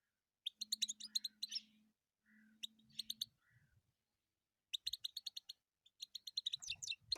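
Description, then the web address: European goldfinch song in quick bursts of bright, clipped twittering notes separated by pauses, with a steady low hum running underneath in places. "penie schegla"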